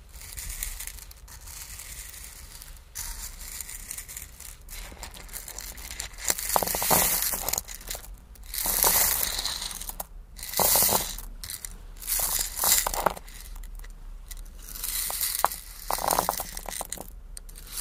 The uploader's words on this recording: Diamonds Sounds (Crystals, Beads, Ice, jewels, tapping, scratching).